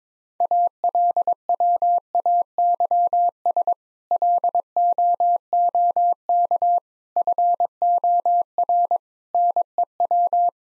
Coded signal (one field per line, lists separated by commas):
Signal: Morse code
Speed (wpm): 22 wpm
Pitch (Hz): 700 Hz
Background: none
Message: ALWAYS LOOK FOR NEW